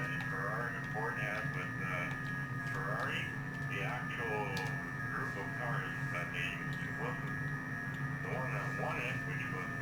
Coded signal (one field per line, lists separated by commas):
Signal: FT8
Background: speech